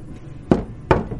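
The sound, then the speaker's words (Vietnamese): Two soft, evenly spaced knocks on a door from outside, each a short muffled thud, with a faint low background hum and no voices. “Có tiếng gõ cửa vang lên bên ngoài, đều đều nhẹ nhàng.”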